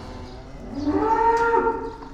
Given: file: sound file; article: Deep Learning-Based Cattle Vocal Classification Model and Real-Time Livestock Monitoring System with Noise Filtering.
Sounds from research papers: cattle; food anticipating call

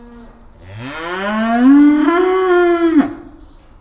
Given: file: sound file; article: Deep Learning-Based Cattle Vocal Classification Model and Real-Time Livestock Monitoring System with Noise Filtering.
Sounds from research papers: cattle; estrus call

